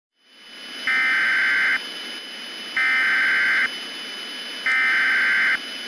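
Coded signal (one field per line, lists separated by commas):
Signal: Emergency Alert System (SAME) tones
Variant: header bursts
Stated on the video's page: Fictional EAS scenario.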